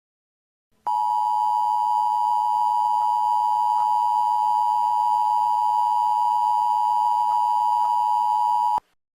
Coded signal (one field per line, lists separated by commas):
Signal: Emergency Alert System (SAME) tones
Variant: 853 and 960 Hz attention tone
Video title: Don’t Frown in Clown Town: A Halloween EAS Scenario